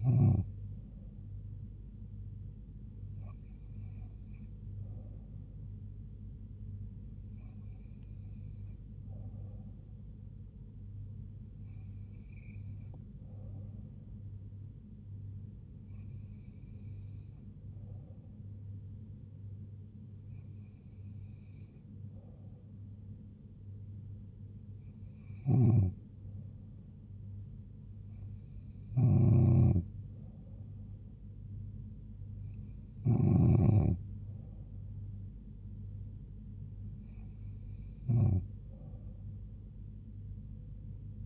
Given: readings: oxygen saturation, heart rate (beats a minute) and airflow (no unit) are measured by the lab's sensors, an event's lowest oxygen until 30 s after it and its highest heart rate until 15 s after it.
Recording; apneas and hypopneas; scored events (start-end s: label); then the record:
breathing in sleep by a smartphone at the bedside; none
none scored
From the record:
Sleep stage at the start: N2 (light sleep); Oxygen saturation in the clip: 93 to 94%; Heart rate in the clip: 71 to 76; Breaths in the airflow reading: 11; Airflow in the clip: -2.8 to 2.1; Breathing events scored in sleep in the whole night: 158 in 7.3 hours asleep